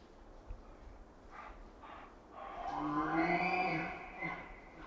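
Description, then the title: Roosevelt elk challenge call: a few short grunts, then a loud harmonic bugle lasting about two seconds. Bulls challenging for social dominance during the rut, hours after sunset, late September 2023. "Roosevelt Elk Bull challenge with big clashing fight"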